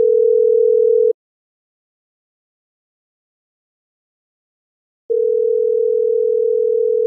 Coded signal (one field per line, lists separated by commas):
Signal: telephone call progress tone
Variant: North America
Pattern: ringback tone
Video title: PHONE SOUNDS. Ringing tone (USA). 1 HOUR with amplitude modulation. Sound effects. SFX